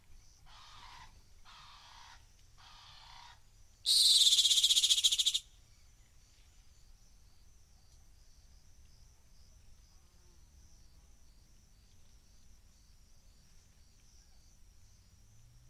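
A rock hyrax gives a few softer rasping calls in the first three seconds, then one loud, shrill, buzzing shriek with a thin whistle running through it at about four seconds. Afterwards a steady high insect hum and a low outdoor rumble continue alone.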